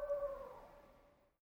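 Owl hoot, a steady low tonal note with faint harmonics that trails off and fades to silence within about a second and a half.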